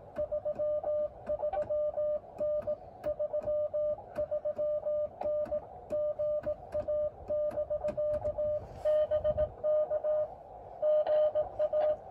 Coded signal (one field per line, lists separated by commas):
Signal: Morse code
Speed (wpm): 18 wpm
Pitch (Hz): 600 Hz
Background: music, radio noise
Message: 33N 33N GA <BK> BK GA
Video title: Morse Code Parks on the Air: More Exciting Than Expected!